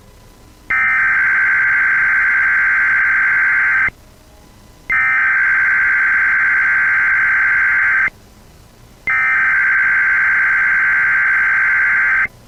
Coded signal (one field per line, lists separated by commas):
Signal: Emergency Alert System (SAME) tones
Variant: header bursts